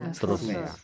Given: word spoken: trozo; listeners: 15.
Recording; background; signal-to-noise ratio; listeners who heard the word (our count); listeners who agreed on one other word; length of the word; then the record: one Spanish word in noise, from a listening test; four-talker babble; 0.4 dB; 2 of 15; 7 of 15; 0.44 s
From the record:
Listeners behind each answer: 7, 2, 1, 1, 1, 1, 1, 1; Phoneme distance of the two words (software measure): 7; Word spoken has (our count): 2 syllables, 5 phonemes, stress on syllable 1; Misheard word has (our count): 2 syllables, 6 phonemes, stress on syllable 1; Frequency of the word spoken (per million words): 13.59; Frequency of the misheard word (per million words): 14.79